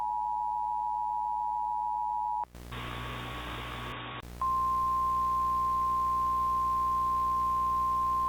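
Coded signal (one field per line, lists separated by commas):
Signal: Emergency Alert System (SAME) tones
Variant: 853 and 960 Hz attention tone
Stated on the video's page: Mock EAS tornado warning, not a real alert, set in Texas.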